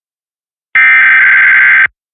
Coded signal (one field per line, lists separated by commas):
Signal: Emergency Alert System (SAME) tones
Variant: header bursts